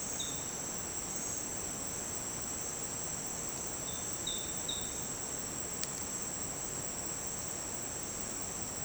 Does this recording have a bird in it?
no